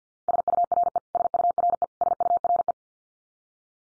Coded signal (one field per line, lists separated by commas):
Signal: Morse code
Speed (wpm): 50 wpm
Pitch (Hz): 700 Hz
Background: none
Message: SURE SURE SURE